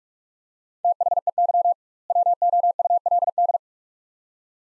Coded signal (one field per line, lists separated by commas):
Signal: Morse code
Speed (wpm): 41 wpm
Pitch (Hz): 700 Hz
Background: none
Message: THEY WOULD